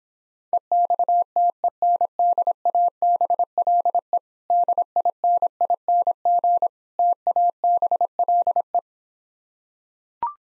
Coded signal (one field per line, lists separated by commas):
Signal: Morse code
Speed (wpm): 26 wpm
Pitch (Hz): 700 Hz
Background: none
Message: EXTENDABLE DINING TABLE